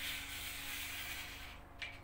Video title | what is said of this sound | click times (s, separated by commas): Decathlonda Satılan Caperlan Surf Casting Tripod (Kamış Sehpası) İnceledik. Peki Nasıl Bir Ürün | basıyoruz ve kilitlendi | 1.8 s